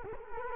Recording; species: mosquito wingbeat signal from an infrared sensor; Culex quinquefasciatus